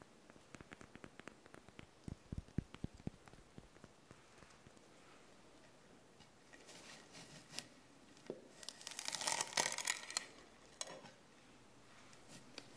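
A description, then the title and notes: Veggie pasta being prepared: quick knife taps early, then clattering, rustling and a bright sizzling burst around nine seconds. ASMR Cooking Session Veggie Pasta.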